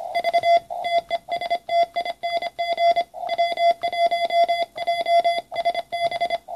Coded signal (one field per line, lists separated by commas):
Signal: Morse code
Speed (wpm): 25 wpm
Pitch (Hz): 3400 Hz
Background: none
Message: V TESTING W1JSB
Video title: Solar Powered Radio Transceiver